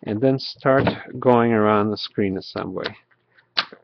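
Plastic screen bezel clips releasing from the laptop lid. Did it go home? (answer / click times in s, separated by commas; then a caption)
released / 3.6 s. A plastic screen bezel on an ASUS X54C/X54L/X54H laptop lid is pried up with fingertips while working around the screen. Someone talks for most of the clip, then a sharp snap at 3.6 s marks a retaining clip popping free as the bezel releases.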